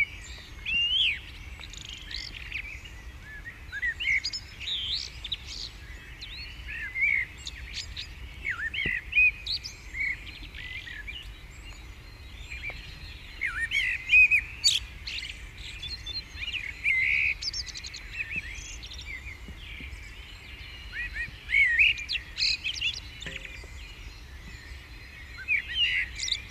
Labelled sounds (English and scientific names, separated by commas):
Common Blackbird (Turdus merula) song